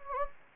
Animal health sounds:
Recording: mosquito wingbeat signal from an infrared sensor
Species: Anopheles gambiae

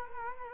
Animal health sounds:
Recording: mosquito wingbeat signal from an infrared sensor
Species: Culex quinquefasciatus

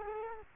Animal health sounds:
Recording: mosquito wingbeat signal from an infrared sensor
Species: Culex quinquefasciatus

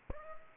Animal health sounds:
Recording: mosquito wingbeat signal from an infrared sensor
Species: Aedes aegypti

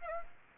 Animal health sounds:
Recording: mosquito wingbeat signal from an infrared sensor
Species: Aedes aegypti

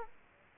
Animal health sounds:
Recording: mosquito wingbeat signal from an infrared sensor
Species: Culex quinquefasciatus

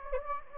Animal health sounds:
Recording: mosquito wingbeat signal from an infrared sensor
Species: Anopheles gambiae

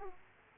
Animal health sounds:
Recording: mosquito wingbeat signal from an infrared sensor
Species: Aedes aegypti

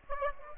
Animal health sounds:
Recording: mosquito wingbeat signal from an infrared sensor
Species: Aedes aegypti

